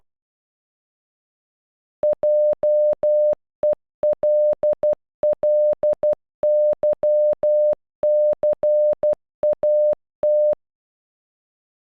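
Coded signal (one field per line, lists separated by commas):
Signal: Morse code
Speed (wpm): 12 wpm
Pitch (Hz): 600 Hz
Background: none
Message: JELLYCAT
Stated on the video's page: Software-generated Morse audio of one word, made with an online translator.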